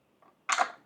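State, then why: Not seated. A month-recording disc is being handled and fitted onto the ABS plastic lid of a ShanSon stainless steel airtight coffee canister. There is a faint rustle around 0.2–0.3 s, then a louder bright scraping contact from about 0.5 s that peaks near 0.6 s and fades by 0.9 s. Nothing has seated or clicked yet.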